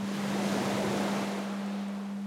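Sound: gentle sea waves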